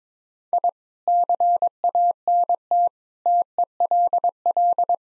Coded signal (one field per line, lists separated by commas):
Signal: Morse code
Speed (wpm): 22 wpm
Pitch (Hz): 700 Hz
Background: none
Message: I CANT TELL